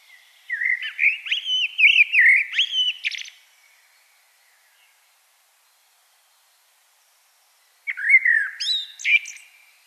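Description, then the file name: Common blackbird singing mellow fluted phrases that end in thin scratchy squeaks, followed by quiet, then another warbling phrase begins near the end. "Turdus merula"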